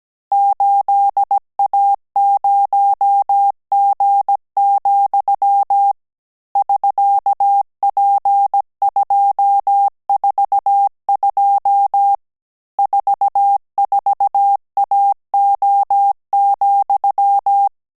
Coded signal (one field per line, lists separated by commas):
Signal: Morse code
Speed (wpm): 17 wpm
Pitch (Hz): 800 Hz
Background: none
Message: 8A0G, <SK>P242 44AO,